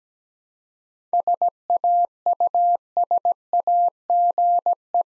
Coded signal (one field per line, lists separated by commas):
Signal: Morse code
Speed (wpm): 17 wpm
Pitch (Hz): 700 Hz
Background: none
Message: SAUSAGE